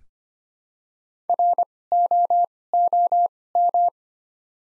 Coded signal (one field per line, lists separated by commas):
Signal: Morse code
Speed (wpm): 25 wpm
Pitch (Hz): 700 Hz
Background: none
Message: ROOM